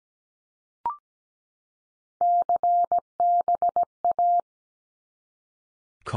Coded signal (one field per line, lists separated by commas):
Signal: Morse code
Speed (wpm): 17 wpm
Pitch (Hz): 700 Hz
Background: none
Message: CBA